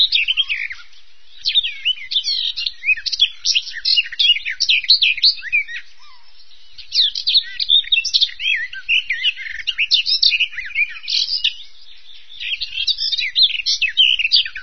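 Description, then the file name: Bird song: a long, continuous, varied warble of quick chirps, slurs and twitters, pausing only briefly, with no other sounds. "vogel"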